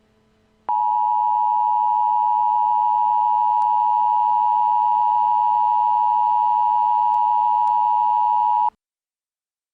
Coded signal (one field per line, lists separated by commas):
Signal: Emergency Alert System (SAME) tones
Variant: 853 and 960 Hz attention tone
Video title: The Nuclear Delivery: An EAS Scenario